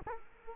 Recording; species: mosquito wingbeat signal from an infrared sensor; Culex quinquefasciatus